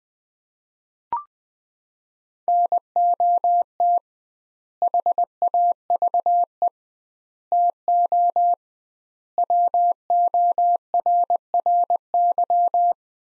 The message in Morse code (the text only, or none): NOT HAVE TO WORRY